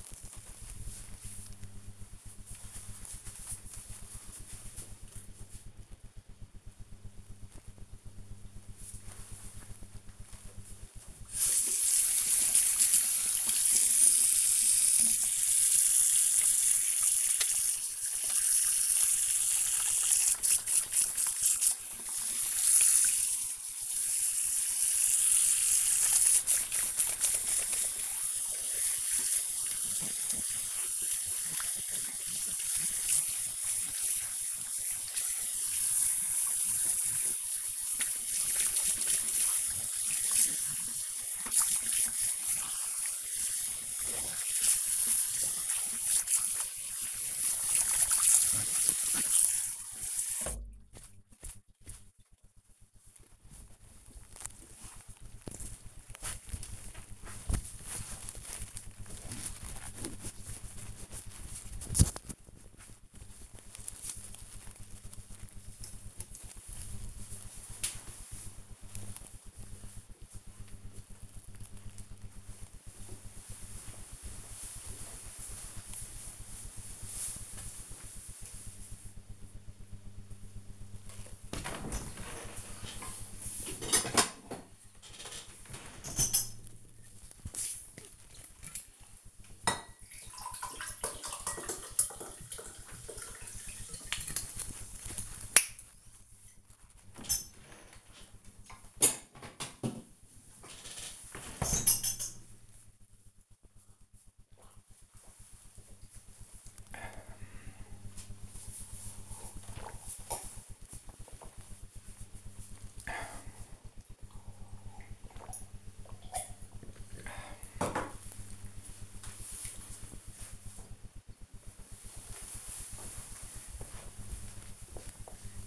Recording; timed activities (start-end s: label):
household activities, microphone on the right wrist
9.57-51.77 s: washing hands
80.90-117.09 s: drinking